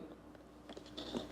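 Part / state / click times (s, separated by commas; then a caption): lid safety lock latch on a mixer grinder jar / not seated / none. The lid safety lock latch on a Panasonic MX AE375 750-watt mixer grinder jar is handled, with the lid seated on the jar, ahead of pressing the button that snaps it shut. Only faint handling noises are heard, with brief soft ticks around 0.4 s and 0.7–0.8 s. The lock has not clicked or seated yet.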